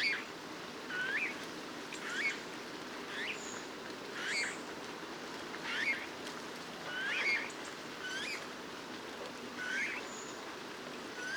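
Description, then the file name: Eurasian bullfinch giving soft piping whistles, repeated at irregular intervals over a quiet hiss of background noise. "Pyrrhula pyrrhula"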